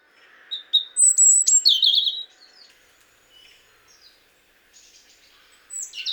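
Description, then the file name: European robin song: thin high whistles followed by a rich warbled phrase. It then goes quiet, and a brief high note returns at the end. "Erithacus rubecula"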